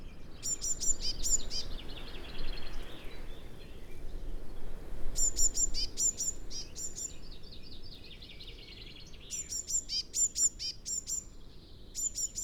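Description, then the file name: Eurasian blue tit giving clusters of high, clipped notes followed by buzzy churring, repeated several times over a steady low background noise. "Cyanistes caeruleus"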